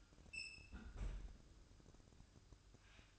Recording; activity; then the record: daily activity, microphone in the room; close fridge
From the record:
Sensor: 2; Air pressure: 1007.6 hPa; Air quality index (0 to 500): 59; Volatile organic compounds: 1 ppm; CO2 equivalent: 592 ppm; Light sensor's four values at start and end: 10/23/10/10 and 10/23/10/10